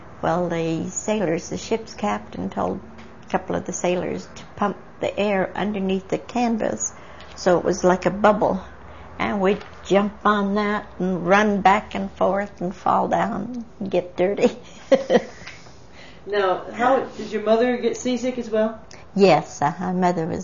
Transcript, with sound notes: Well the sailors, the ship's captain told a couple of the sailors to pump the air underneath the canvas so it was like a bubble and we'd jump on that and run back and forth and fall down and get dirty. (laughs)
Now, how, did your mother get seasick as well?
Yes, uhuh. My mother was sick.